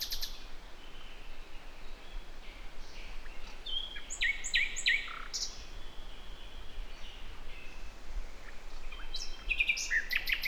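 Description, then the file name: Common nightingale song: varied short phrases of sharp chirps and whistled notes in bursts, with pauses between, against constant low rumbling background noise. "Luscinia megarhynchos"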